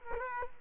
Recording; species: mosquito wingbeat signal from an infrared sensor; Culex quinquefasciatus